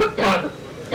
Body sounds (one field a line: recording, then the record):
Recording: coughing mixed with background sound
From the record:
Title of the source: Barking cough - # 10